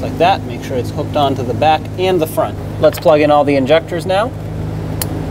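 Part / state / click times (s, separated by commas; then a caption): wiring harness connector onto fuel injector / seated / 5.0 s. Someone talks while a plastic wiring harness electrical connector is plugged onto a fuel injector of a 2007-2014 Chevrolet Silverado 2500 HD during fuel injector replacement. A short, sharp click at 5.0 s marks the connector seating on the injector.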